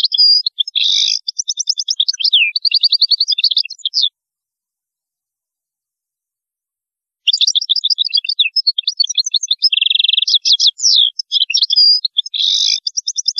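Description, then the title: European goldfinch song: long, rapid runs of tinkling twitters mixed with buzzy trills, two extended bursts split by a three-second pause. "Chant Chardonneret"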